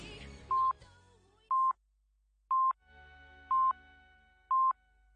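Five short telephone keypad tones beep one after another at a steady pace of about one per second, each a bright mid-pitched burst, with a faint wash of sound fading out at the start.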